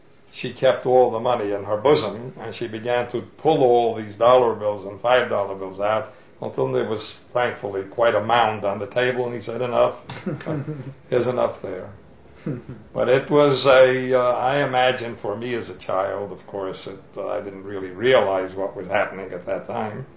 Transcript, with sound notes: she kept all the money in her bosom, and she began to pull all these dollar bills and five-dollar bills out, until there was thankfully quite a mound on the table, and he said, "Enough." (laughs) There's enough there. But it was a, I imagine for me, as a child, of course, if I didn't really realize what was happening at that time.